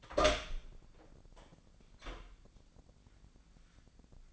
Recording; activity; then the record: daily activity, microphone in the room; open door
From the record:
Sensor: 5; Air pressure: 1009.3 hPa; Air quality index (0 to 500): 164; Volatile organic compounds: 2 ppm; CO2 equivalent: 1255 ppm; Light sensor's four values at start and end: 143/340/144/156 and 143/339/144/156